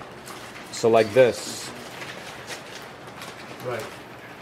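A stepper driver module, screw side facing down, is handled over its pin header on a 3D printer control board, ready to be pressed in. Someone talks briefly around 0.8–1.3 s and again near 3.7 s over a low, steady background. Nothing has seated or clicked yet.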